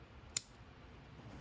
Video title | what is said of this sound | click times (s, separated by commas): I Can See Clearly Now! Upgrading the Low Beam Headlights on my Dodge Grand Caravan | and try to pull it out after you've got it clicked in place to make sure that it's in there tightly. | 0.4 s